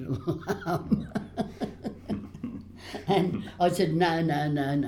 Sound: laughs

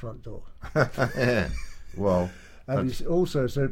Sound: laughs

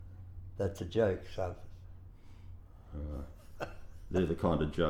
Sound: laughs

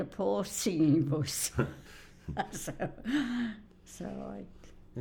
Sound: laughs

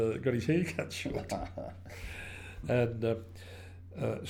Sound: laughter

